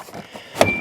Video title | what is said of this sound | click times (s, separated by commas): DIY Ziste Footwell LED Installation ~ How to Install Automotive Interior LED Lights | tug gently and see if you hear a pop like we just did | 0.6 s